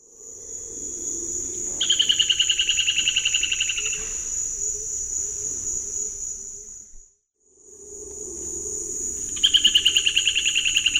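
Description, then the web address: Point-tailed palmcreeper song: a fast, even series of sharp notes lasting about two seconds, then repeated later. A steady high insect drone runs through most, briefly dropping out. Eastern lowlands of South America. "ENTER Music and Audio. Nature Songs S America Eastern Lowlands. Point-tailed Palmcreeper"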